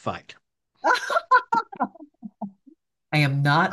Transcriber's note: laughs